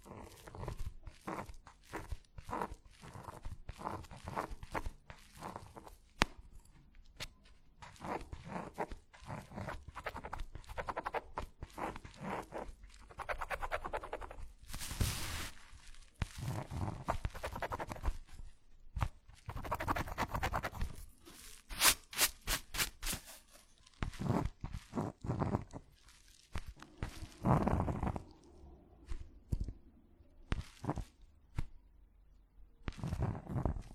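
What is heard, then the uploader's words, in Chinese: Writing and drawing: dense, irregular scratching and tapping strokes throughout, with brief pauses and a few louder bursts around 15, 22 and 28 seconds. 写字、画画。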